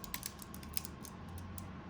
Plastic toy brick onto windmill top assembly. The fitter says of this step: top we're gonna hear very satisfying click yeah